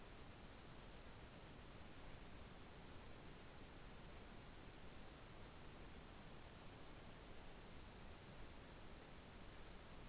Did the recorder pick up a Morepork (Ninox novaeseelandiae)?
no